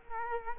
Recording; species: mosquito wingbeat signal from an infrared sensor; Culex quinquefasciatus